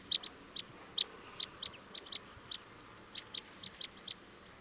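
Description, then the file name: Red crossbill flight calls: scattered short, high chips and a few drawn-out notes, irregularly spaced over a faint background hiss. Type N; flight calls. "Red Crossbill Type N 01-FCs"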